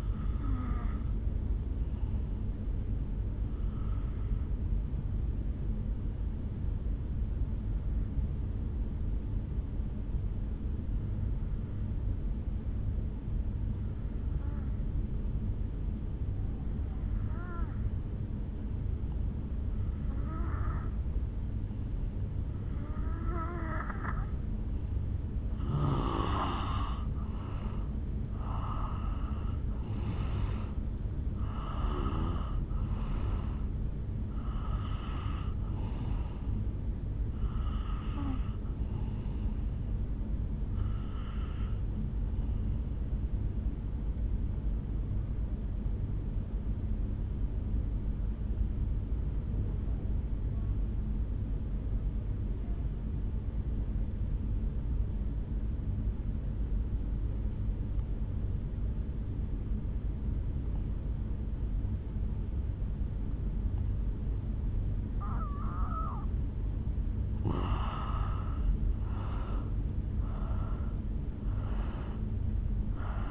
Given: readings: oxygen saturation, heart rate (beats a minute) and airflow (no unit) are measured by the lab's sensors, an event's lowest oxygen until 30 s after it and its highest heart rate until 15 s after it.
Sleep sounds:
breathing in sleep by a smartphone at the bedside; 2
6.00-24.80 s: obstructive apnea (N2, oxygen 95% highest, then 85% lowest, heart rate 56 at the start, 70 highest)
48.00-66.60 s: obstructive apnea (N2, oxygen 96% highest, then 85% lowest, heart rate 53 at the start, 70 highest)
From the record:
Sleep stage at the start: N2 (light sleep); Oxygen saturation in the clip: 85 to 96%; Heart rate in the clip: 53 to 70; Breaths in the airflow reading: 12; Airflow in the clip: -10.0 to 4.6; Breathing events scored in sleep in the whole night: 449 in 7.0 hours asleep

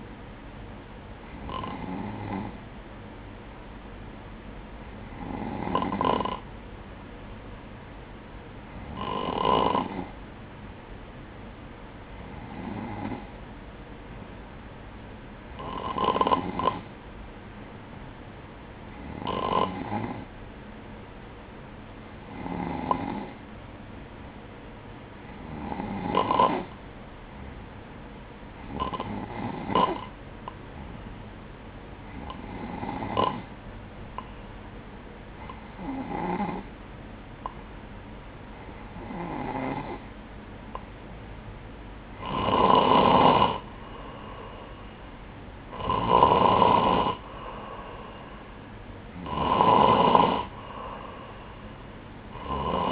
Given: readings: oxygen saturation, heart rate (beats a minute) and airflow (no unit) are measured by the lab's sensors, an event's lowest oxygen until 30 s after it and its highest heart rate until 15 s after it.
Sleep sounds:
breathing in sleep by a voice recorder at the bedside; none
none scored
From the record:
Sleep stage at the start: N3 (deep sleep); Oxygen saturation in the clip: 94 to 96%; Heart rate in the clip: 59 to 63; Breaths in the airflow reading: 15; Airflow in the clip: -5.2 to 5.1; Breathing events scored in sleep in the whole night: 180 in 6.7 hours asleep

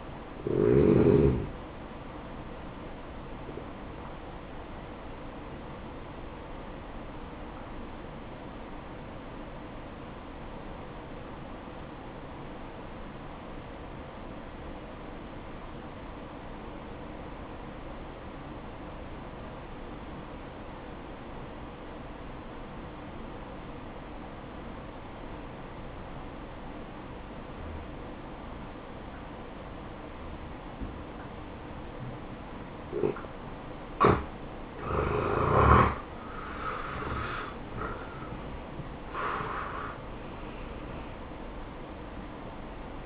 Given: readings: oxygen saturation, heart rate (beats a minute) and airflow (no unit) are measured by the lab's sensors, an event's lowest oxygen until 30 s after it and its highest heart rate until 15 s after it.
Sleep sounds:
breathing in sleep by a voice recorder at the bedside; 1
5.00-34.90 s: obstructive apnea (N1, oxygen 94% highest, then 82% lowest, heart rate 62 at the start, 77 highest)
7.00-37.00 s: new sleep stage, N2 (light sleep)
37.00-43.06 s: new sleep stage, N1 (lightest sleep)
From the record:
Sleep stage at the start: N1 (lightest sleep); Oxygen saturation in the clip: 82 to 94%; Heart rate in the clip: 59 to 77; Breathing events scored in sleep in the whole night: 573 in 9.8 hours asleep

